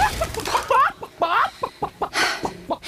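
A hen clucks repeatedly in short, uneven bursts, with a few higher squawking notes mixed among the fast chattering calls, loud and busy throughout.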